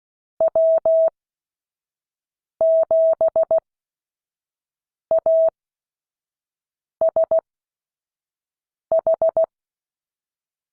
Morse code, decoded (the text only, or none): W7ASH